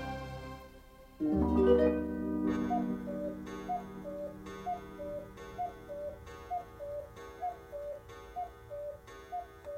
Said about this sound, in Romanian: Parcă am auzit bătând ceasul din burta crocodilului.